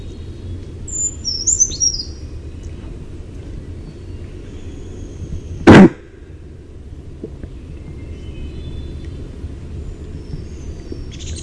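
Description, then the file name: Brown creeper gives a single high, thin, tumbling song phrase early on; a sharp loud thump follows midway, with low rumble throughout. "BRCR song"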